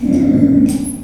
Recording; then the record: squeal of a Yucatan mini pig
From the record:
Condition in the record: after surgery on the right vocal fold (resection and tissue-engineered implant); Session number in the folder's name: 5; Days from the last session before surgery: 33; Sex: female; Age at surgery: 19 weeks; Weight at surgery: 25 kg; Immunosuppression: prednisolone